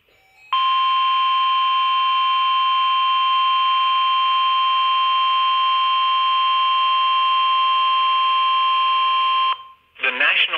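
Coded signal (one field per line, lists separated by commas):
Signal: Emergency Alert System (SAME) tones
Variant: 1050 Hz attention tone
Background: speech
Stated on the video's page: Tornado Watch received on an Oregon Scientific WR602 NOAA weather radio.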